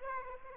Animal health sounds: mosquito wingbeat signal from an infrared sensor; Aedes aegypti

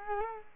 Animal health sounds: mosquito wingbeat signal from an infrared sensor; Culex quinquefasciatus

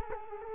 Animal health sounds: mosquito wingbeat signal from an infrared sensor; Culex quinquefasciatus

